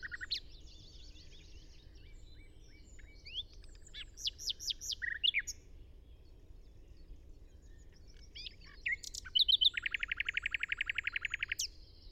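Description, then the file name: Common nightingale singing a long varied passage: clicking and whistled notes, sharp slurs, then a fast, even rattle of repeated notes near the end. "Luscinia megarhynchos"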